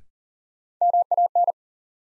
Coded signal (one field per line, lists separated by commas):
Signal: Morse code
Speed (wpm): 37 wpm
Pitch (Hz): 700 Hz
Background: none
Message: MAN